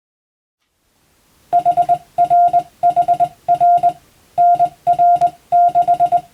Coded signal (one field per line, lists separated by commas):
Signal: Morse code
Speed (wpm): 21 wpm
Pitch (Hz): 700 Hz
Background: none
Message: HRHR NR 6